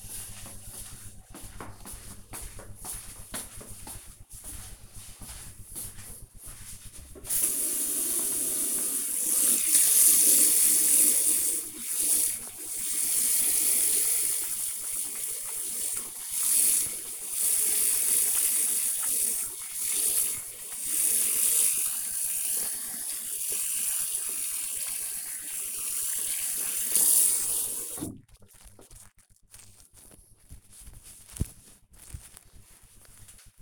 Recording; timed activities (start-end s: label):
household activities, microphone on the right wrist
6.76-28.91 s: washing hands